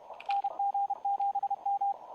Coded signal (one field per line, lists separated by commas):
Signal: Morse code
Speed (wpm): 32 wpm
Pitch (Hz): 810 Hz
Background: radio noise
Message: NG7M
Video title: NG7M Live CWOps CWT Mini / Utah Amateur Radio Club W7SP HF Remote